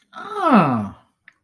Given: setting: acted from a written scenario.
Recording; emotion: vocal sound without words; interest